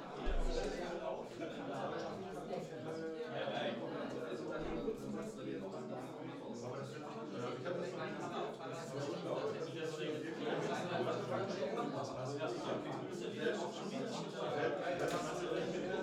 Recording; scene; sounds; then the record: everyday scene through a hearing-aid microphone; many people talking; many voices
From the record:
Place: bistro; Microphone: in the ear canal, left